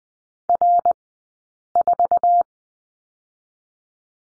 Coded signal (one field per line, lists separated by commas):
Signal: Morse code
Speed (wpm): 20 wpm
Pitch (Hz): 700 Hz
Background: none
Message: R4